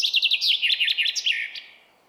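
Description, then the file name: Common chaffinch song, a quick run of high chipping notes tumbling downward and closing with a short flourish near the end, followed by quiet. "Fringilla coelebs"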